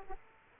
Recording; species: mosquito wingbeat signal from an infrared sensor; Aedes aegypti